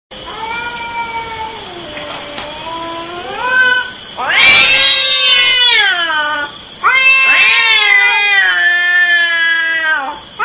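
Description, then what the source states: Cat yowling in long, wavering caterwauls: a quieter drawn-out moan, then loud, harsh wails that swell and fall. Cat mating call.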